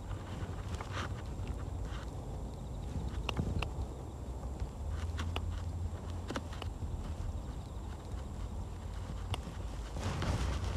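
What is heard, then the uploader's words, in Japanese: Carrot weeding at dusk: grass is pulled by hand and larger stems are snipped with scissors. A steady low rumble and soft rustling run throughout, broken by short, sharp clicks and snips around three, five, six and nine seconds. ガサガサ音あり 人参除草／夕暮れ。片手にハサミを持ちながら、草を抜きつつ、大きいものはチョンチョン切っていきます。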